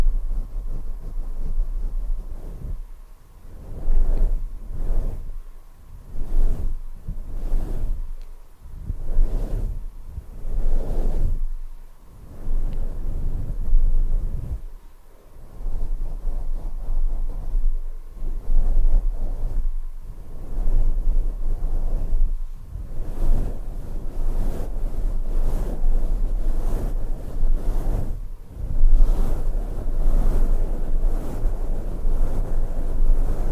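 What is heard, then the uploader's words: An intense scalp massage sounds as muffled rubbing and scratching, in repeated strokes about once a second. Low rustling swells alternate with crisp scratchy flicks, and the strokes grow quicker and brighter after about twenty-three seconds, over a faint steady hum. ASMR SCALP MASSAGE 1 HOUR, ASMR INTENSE SCALP MASSAGE, ASMR SCALP MASSAGE.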